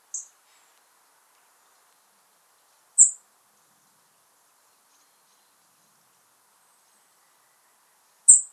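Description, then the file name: European robin calls: three thin, very high-pitched seeping notes, each short and sharp, unevenly spaced with long silences between them. "Erithacus rubecula"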